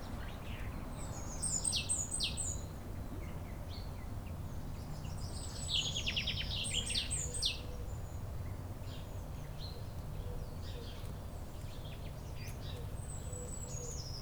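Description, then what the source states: Common Chaffinch phrases: two bursts of rapid, bright notes a few seconds apart, then scattered high thin calls, all over a low constant rumble. Singing near Chindrieux's oldest tree, a centuries-old lime tree, in a neighbourhood park in Chindrieux, France.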